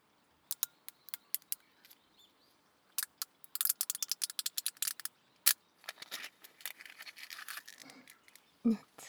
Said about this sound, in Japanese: いい音がするかと思いまして、炭酸のジュース、氷を入れて、氷の音キューキュー言うの聞こえますよね。